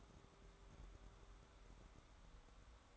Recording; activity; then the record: daily activity, microphone in the room; take from stove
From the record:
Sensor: 3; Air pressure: 1010.3 hPa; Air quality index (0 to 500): 166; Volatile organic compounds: 9 ppm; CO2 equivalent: 2168 ppm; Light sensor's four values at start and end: 50/124/55/61 and 50/124/55/61